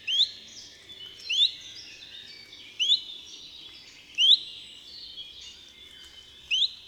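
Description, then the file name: Common chiffchaff repeating thin rising whistled notes, five in all at uneven intervals of about one to two and a half seconds. "Pierwiosnek"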